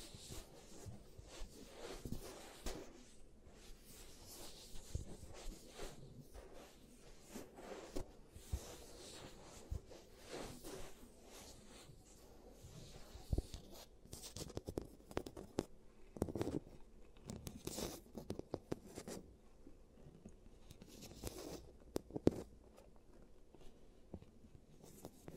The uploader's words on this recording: Giant Teeth Treatment, Fixing Your Cavities. (No Talking).